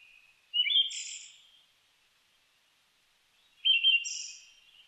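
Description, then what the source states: Siberian thrush singing two brief phrases roughly three seconds apart, each a fluty warble rising into a thin, sibilant high note, with a quiet pause between. Recorded 29 May 2004.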